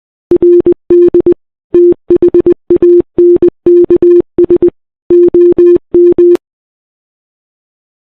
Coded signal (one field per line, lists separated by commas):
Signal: Morse code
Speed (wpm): 23 wpm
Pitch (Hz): 410 Hz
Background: none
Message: RD THANKS OM